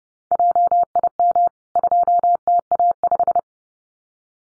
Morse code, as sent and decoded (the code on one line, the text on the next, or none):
.--- .. -- / ..--- - .- .....
JIM 2TA5